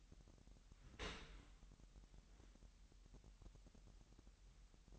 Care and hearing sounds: daily activity, microphone in the room; open dishwasher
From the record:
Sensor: 3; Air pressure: 998.3 hPa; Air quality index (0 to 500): 148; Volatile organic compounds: 5 ppm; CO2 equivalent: 1778 ppm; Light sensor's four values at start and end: 13/39/16/14 and 13/39/16/14

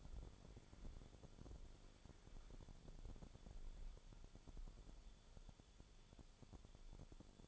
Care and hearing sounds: daily activity, microphone in the room; walk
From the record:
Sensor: 5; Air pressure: 1015.4 hPa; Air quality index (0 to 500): 173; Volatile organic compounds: 6 ppm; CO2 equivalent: 1876 ppm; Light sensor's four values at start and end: 37/83/34/33 and 37/83/34/33

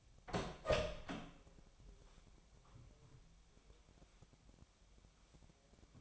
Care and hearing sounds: daily activity, microphone in the room; open door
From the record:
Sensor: 1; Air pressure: 1007.6 hPa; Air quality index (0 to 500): 194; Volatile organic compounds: 18 ppm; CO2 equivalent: 2622 ppm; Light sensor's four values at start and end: 13/32/13/14 and 13/33/13/15

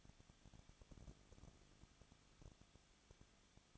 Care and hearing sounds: daily activity, microphone in the room; no activity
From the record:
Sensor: 4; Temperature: 23.0 degrees Celsius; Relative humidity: 34.2%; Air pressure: 1007.3 hPa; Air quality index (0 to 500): 214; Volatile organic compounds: 14 ppm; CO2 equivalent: 2469 ppm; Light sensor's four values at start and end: 2/3/1/1 and 2/3/1/1

